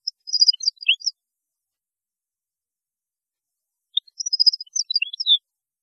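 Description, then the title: European goldfinch: songbird giving two short bursts of high tinkling twitters, separated by about three seconds of silence. "Chant Chardonneret"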